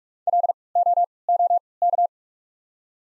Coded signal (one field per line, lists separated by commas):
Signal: Morse code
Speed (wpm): 47 wpm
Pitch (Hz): 700 Hz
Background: none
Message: L O O K